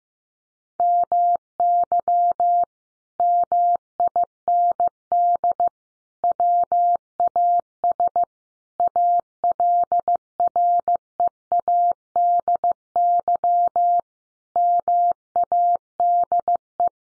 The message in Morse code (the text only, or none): MY MIND WAS ALREADY MADE